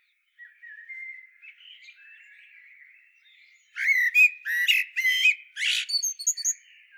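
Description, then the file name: Eurasian blackbird calls, beginning with soft, thin warbling and breaking into loud, harsh, rasping squawks in an uneven rhythm. "Turdus merula"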